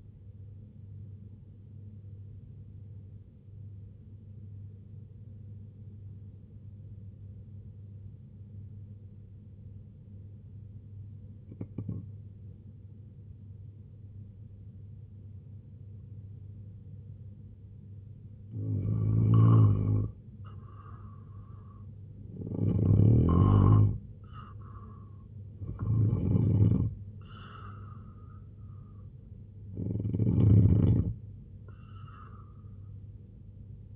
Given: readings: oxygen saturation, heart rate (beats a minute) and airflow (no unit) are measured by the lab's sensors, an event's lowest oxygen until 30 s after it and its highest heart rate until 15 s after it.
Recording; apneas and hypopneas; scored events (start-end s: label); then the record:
breathing in sleep by a smartphone at the bedside; 1
4.00-19.40 s: obstructive apnea (N1, oxygen 95% highest, then 85% lowest, heart rate 67 at the start, 86 highest)
From the record:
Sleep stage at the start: N1 (lightest sleep); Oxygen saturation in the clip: 86 to 95%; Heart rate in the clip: 64 to 86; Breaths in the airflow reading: 4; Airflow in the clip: -4.4 to 6.7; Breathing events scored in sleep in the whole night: 258 in 7.4 hours asleep